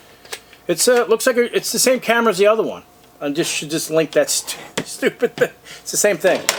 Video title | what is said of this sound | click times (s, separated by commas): 2 4Ghz Wifi Solar Camera | and this will snap right into place | 0.3 s